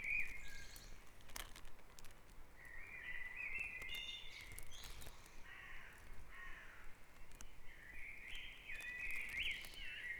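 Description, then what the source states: Birds singing, warbled and chirping phrases through most, with a few sharp clicks and a steady low background rumble. Dawn chorus recorded on Back Dragon Avenue, Harrogate, as part of a sound map of Harrogate.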